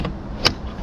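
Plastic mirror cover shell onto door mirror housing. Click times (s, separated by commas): 0.5 s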